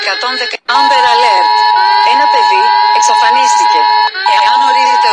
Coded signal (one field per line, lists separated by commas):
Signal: Emergency Alert System (SAME) tones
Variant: 853 and 960 Hz attention tone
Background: speech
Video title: EAS United Nations Space Administration (Year 2172)